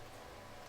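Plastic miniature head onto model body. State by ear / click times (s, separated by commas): not seated / none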